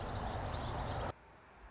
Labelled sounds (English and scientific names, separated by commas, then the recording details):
Anna's Hummingbird (Calypte anna)
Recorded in Sonoma County, California